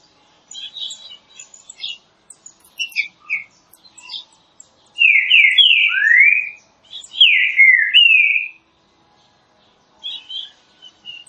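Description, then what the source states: Green-winged saltator: a run of soft, high twittering notes, then two loud phrases of slurred, descending whistles, and more quiet twitters afterwards. Classic song, used for training.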